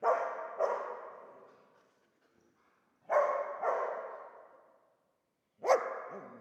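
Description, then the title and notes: Dog barking in two pairs of harsh barks separated by pauses, a fifth single bark closing the sequence. Old dog trapped in the pool basin of the decaying El Glaoui palace courtyard, Fès, Morocco; circling in full sun, rearing on hind legs, barking at visitors; recorded with Zoom F3 and ORTF rig. "Fès, Fès-Meknès, Maroc - le chien du palais El Glaoui. Palais El Glaoui Dans la cour du palais (en décrépitude avancée), un vieux chien est "prisonnier" dans le bassin/piscine. Il se dresse sur ses pattes arrières pour entrevoir quelques secondes ce qui se passe dans la cour et "invective" les visiteurs de ses aboiements. Prise de sons : JF CAVRO"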